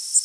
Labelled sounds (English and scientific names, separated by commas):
Worm-eating Warbler (Helmitheros vermivorum) flight call